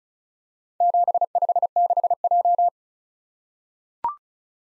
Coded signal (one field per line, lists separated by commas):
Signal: Morse code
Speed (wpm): 36 wpm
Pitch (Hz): 700 Hz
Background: none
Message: 756J